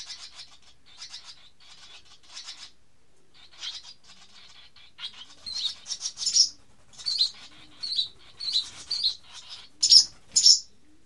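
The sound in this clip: Barn swallow twittering: quiet scratchy chirps at first, then louder high sharp notes in quick, uneven bursts, about two a second.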